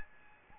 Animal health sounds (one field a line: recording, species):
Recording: mosquito wingbeat signal from an infrared sensor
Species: Aedes albopictus